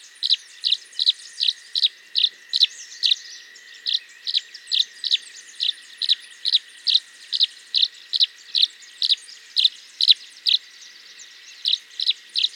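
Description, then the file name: Tree swallow: clear high chirps delivered in a long, fairly even series of about two to three per second, briefly pausing near the end, with a faint steady background whine. "Tachycineta bicolor - Tree Swallow"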